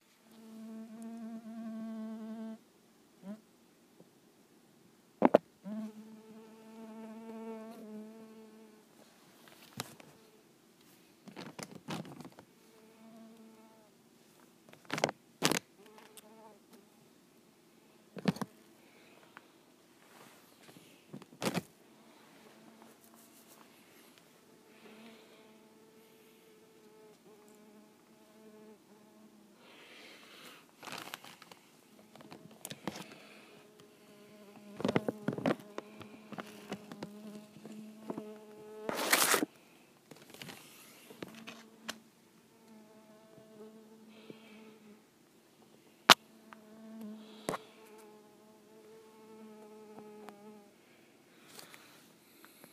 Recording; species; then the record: mosquito flight sound by mobile phone; Culiseta incidens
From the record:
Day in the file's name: 3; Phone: iPhone 6